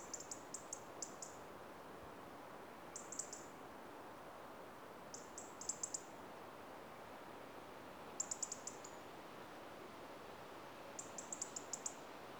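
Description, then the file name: European Robin calls: short runs of thin, very high notes, recurring every few seconds amid steady hiss. "Erithacus rubecula - European Robin"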